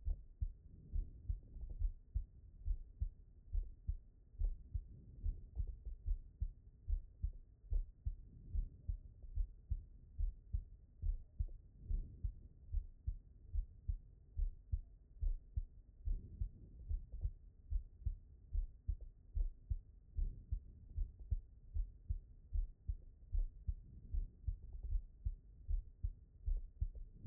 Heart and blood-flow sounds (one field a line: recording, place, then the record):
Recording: heart sounds by stethoscope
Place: pulmonary valve (PV)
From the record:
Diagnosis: non-HFrEF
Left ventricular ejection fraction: 67%